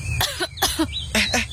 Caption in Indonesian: Aku batuk karena asap itu. Ada yang lagi bakar sampah.